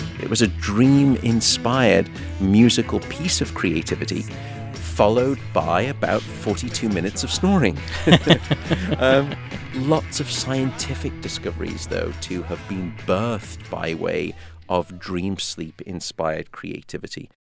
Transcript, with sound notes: It was a dream-inspired musical piece of creativity followed by about 42 minutes of snoring.
(LAUGHTER)
Lots of scientific discoveries though to have been birthed by way of dream-sleep-inspired creativity.